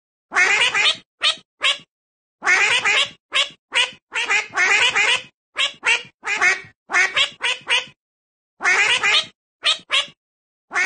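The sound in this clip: Duck quacking in loud, harsh, raspy bursts, often paired or in quick runs, with short gaps between groups.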